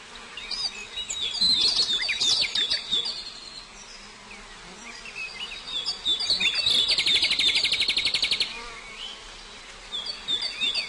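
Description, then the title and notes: Prinia song: lively high chirps, then a long, very fast, evenly pulsed buzzy trill lasting about two seconds before more twittering notes. Complete song including the ngerol rolling song style. "Suara Kicau Burung Prenjak Lengkap dan Ngerol"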